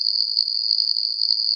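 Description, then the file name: Insect giving a steady, unbroken high-pitched tone that holds one even pitch throughout, with no other sounds. "Insekt"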